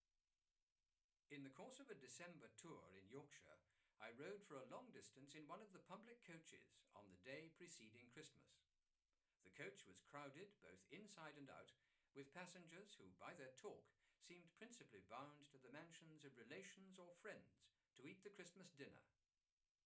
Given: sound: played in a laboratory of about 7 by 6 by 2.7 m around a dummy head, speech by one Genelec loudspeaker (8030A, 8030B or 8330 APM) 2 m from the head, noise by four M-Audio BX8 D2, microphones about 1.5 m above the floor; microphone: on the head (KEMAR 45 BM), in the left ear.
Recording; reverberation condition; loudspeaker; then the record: male speech in English; low; 120 degrees to the left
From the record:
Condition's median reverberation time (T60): about 310 ms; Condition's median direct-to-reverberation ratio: about 3.5 dB